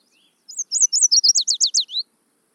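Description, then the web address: Warbler singing one brisk high-pitched phrase of around ten notes. Arched chirps lead into steep downslurs and end on a lower slurred note. Nothing else is audible. "mmainguy immersive 2. warbler"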